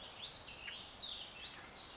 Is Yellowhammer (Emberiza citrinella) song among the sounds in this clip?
no